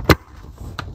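A motorcycle side cover's rubber grommets are pressed onto the frame mounting pegs of a 2022 Indian Pursuit. A sharp, loud snap is heard at 0.1 s and a second, quieter click at 0.8 s, with low background rumble in between. The firm grommets snap into place and the side cover is seated.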